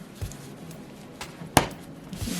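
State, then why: Seated. A plastic KAM snap fastener is closed by pushing its male half into the female half, fastening the wings of a cloth pad around the fabric. A sharp, bright snap rings out at 1.6 s above quiet handling noise, and the snap is seated. No one talks.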